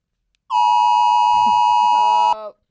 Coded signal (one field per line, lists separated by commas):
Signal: Emergency Alert System (SAME) tones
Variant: 853 and 960 Hz attention tone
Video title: Amber Hagerman and the AMBER Alert | Bloody Happy Hour